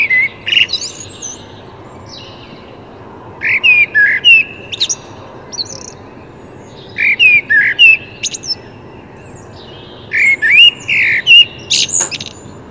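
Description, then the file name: Common blackbird song in repeated phrases roughly every three seconds, each a few flutey whistles topped by scratchy high twittering. "Turdus merula"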